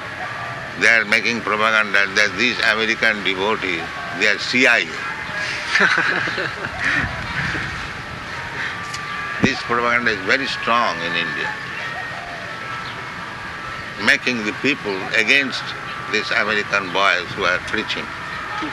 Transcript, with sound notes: They are making propaganda that "These American devotees, they are CIA." [laughter] This propaganda is very strong in India, making the people against these American boys who are preaching.